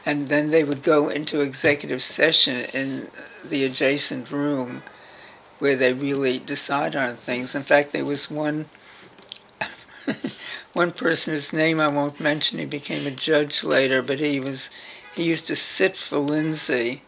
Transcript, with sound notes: Then they would go into executive session in the adjacent room where they really decide on things. In fact, there was one [laughs] person, whose name I won’t mention who became a judge later, but he was—he used to sit for Lindsay